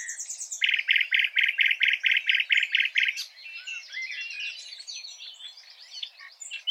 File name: Luscinia megarhynchos